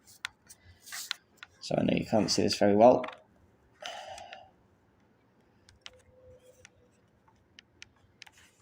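A new SSD in its caddy is pushed into the drive bay of a Lenovo ThinkPad X220 laptop, and it seats with a sharp click at 0.3 seconds. Someone talks, and a few faint taps and knocks follow.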